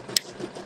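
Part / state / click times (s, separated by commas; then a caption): hand leather hole punch pressed through leather / torque reached / 0.2 s. A hand leather hole punch, centred on a stitched circle on the leather, is squeezed tight and gives one sharp, bright click at 0.2 s over a low, steady background. It is then twisted after the click, and a hole is left in the leather.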